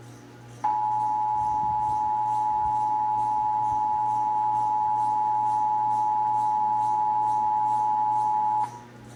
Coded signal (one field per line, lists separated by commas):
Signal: Emergency Alert System (SAME) tones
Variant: 853 and 960 Hz attention tone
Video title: (EAS #298-303) November 2022 Texas Required Monthly Test